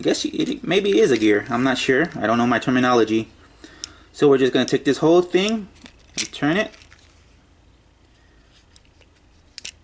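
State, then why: Seated. Someone talks while turning the cylindrical, gear-like joint on a plastic Transformers War for Cybertron: Siege Ironhide transforming robot figure. After the talk stops, faint ticks follow, and a sharp click at 9.6 s marks the joint locking into place.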